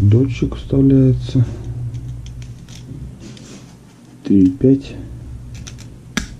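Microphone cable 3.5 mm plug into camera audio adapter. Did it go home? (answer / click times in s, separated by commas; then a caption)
yes / 6.2 s. Someone talks while a microphone cable's 3.5 mm plug is pushed into the audio adapter of a GoPro 5 camera, fitting a microphone to fix the camera's poor sound recording. Faint small taps and scrapes come as the plug is worked in. A sharp, short click at 6.2 s shows the plug has seated in the adapter.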